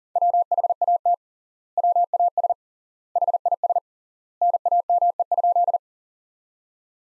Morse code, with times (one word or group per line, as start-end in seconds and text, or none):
0.2-1.1 WHAT
1.8-2.5 WAS
3.2-3.8 HIS
4.4-5.8 NAME?